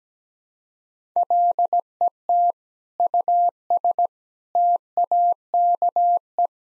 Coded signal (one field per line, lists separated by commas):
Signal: Morse code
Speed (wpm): 17 wpm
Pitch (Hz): 700 Hz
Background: none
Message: LET US TAKE